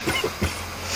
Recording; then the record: coughing mixed with background sound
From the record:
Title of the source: Dry Afternoon Cough